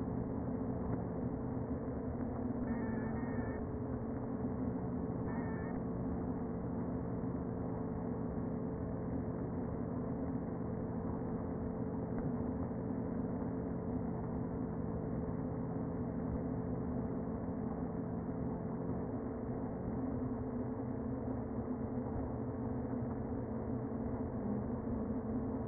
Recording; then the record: honeybee colony, microphone inside the hive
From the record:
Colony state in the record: queen present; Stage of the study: before two queens were removed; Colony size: about 60,000 bees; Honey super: yes